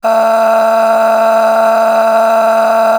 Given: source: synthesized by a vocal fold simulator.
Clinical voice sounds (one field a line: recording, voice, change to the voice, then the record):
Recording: sustained vowel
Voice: female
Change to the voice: a random mix of aspiration noise, stiffness perturbation and strain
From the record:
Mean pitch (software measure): 224 Hz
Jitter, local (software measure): 2.24%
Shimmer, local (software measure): 11.4%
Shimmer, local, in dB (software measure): 1.00 dB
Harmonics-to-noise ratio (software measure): 11.5 dB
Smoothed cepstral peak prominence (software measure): 10.0 dB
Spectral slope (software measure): -19.5 dB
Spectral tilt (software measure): -8.6 dB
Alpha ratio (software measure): -10.0 dB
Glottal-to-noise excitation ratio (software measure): 0.800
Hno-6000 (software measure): 1.8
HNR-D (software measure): 34.3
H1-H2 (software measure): 0.7 dB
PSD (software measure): 9.3e-05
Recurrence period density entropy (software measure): 0.122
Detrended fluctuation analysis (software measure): 0.0134